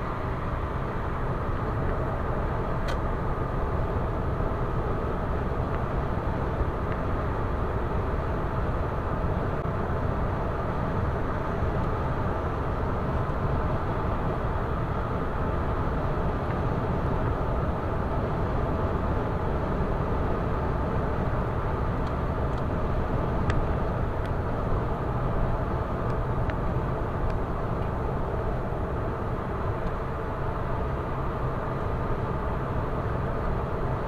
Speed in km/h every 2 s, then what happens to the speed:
115, 118, 121, 123, 126, 127, 127, 126, 126, 125, 126, 125, 124, 121, 119, 117, 117.
0-9 speeds up to 127. 9-34 steady at about 125.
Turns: none.